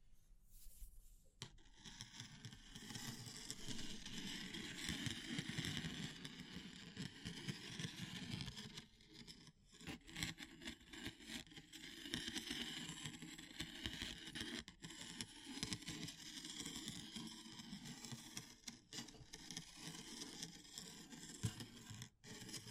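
Wood, bamboo and straw are handled and rubbed in a dense, continuous rustle of scraping and crackling that starts after a second of quiet. The texture stays busy and fairly even, with a low rumbling undertone and brief gaps near 9, 15 and 22 seconds.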